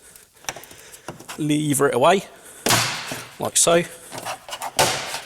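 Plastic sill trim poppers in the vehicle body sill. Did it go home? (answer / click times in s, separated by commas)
released / 4.6 s, 4.8 s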